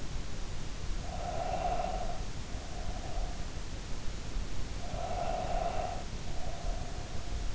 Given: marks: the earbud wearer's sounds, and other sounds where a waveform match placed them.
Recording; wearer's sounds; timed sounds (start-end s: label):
sounds in sleep by an in-ear microphone; breath
0.96-3.65 s: breath
4.73-7.55 s: breath